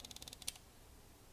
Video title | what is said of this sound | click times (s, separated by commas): Leupold "VX-5 HD" 3-15X44 Scope (30mm CDS ZL2 SF Duplex) | hear it click and it locks okay so that's a really good feature now | 0.5 s